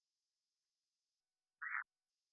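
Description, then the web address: Red-eyed tree frog call, one short note in otherwise near silence, with a faint high steady tone in the background. Call type 2. "Agalychnis-callidryas Tipo-2"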